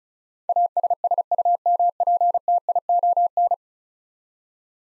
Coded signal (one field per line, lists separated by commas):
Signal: Morse code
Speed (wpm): 36 wpm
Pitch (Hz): 700 Hz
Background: none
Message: ASSUMPTION